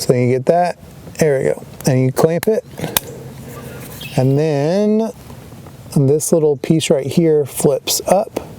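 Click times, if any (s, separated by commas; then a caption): none. Someone talks while handling a plastic tourniquet holder case, clamping it and flipping up the small latch piece. Only speech and faint handling noise are heard. Nothing has seated or clicked yet.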